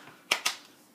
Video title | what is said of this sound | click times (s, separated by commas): Magic Wand Review and installation | just like that yep it pops right in actually pretty cool | 0.3 s, 0.5 s